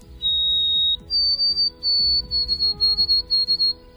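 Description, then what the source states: White-throated Sparrow song: a clear whistled note, then a higher long held whistle followed by a run of repeated high whistled notes, over a steady pulsing low background. Song rendered as 'Oh Sweet Canada, Canada, Canada' or 'Old Sam Peabody, Peabody, Peabody'.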